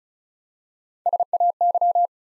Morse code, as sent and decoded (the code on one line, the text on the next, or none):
... .- -.--
SAY